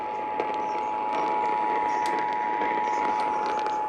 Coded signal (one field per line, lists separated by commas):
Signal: Emergency Alert System (SAME) tones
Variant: 853 and 960 Hz attention tone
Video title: 🚫ne Missing Station… (EAS Alerts from 1/9/23) (EAS #697-721)